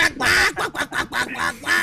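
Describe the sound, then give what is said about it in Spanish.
A person's voice imitates a hen's clucking, a quick run of about six loud, nasal, squawking bursts in an uneven rhythm. “Te pareces gallina.”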